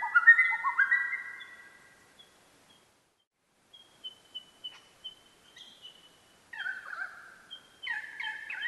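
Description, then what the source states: Superb Lyrebird song: rich warbled whistles at first, a pause with thin high notes, then fresh bursts of twittering, varied phrases. Flute lyrebird mimicking songs of other forest bird species plus two flute phrases; state forest in Victoria, Australia; 6:53 a.m., 16 June 2013.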